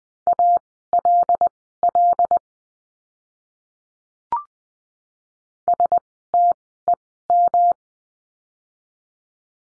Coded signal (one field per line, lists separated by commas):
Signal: Morse code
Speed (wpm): 20 wpm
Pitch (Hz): 700 Hz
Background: none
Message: ALL STEM